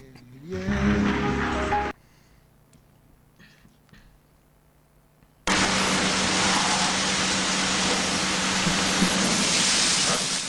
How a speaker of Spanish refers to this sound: Hemos visto que estaba lloviendo, tenemos el coche sucio, así que nos vamos a ir a lavarlo a un túnel de lavado.